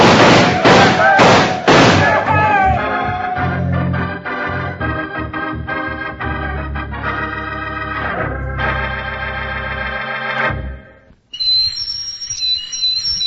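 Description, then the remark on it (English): After a few heavy thuds, a loud, sustained whistle blares in harmonic-rich tones that step between pitches, then breaks off and returns as a shrill, warbling high whistle. “That whistle is to remind you that you can own a real operating model of the USS Nautilus, world's first atomic submarine.”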